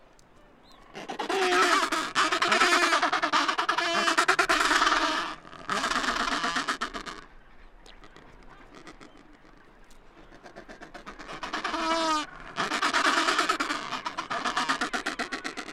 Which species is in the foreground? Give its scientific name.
Pygoscelis adeliae